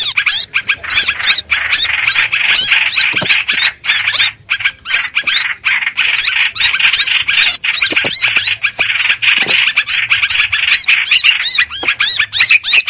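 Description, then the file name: Streak-eared bulbul, a continuous stream of rasping, squawking distress notes with fast upward-bending chirps mixed in. Distress call used to call the flock together. "Tieng chim trao trao keu cuu goi bay"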